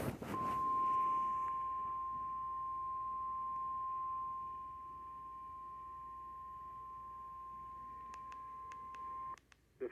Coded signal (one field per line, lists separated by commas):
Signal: Emergency Alert System (SAME) tones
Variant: 1050 Hz attention tone